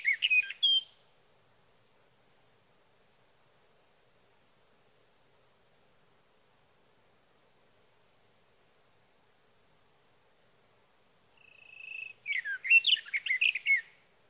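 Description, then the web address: Sage thrasher song in two bursts of fast, jumbled warbling notes separated by about ten seconds of silence; the second burst opens with a steady held tone. "birdsongforthecurious songs Sage Thrasher"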